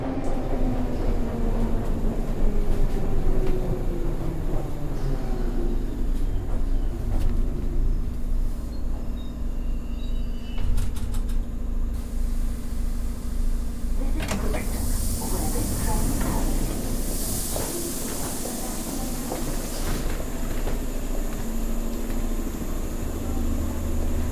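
A train ride toward a busy street: a steady, dense low rumble of the carriage runs throughout, with faint voices mixed in. Around the middle, sharp clicks and rattles cut through, and from about 14 to 20 seconds a loud bright hiss rises above the rumble.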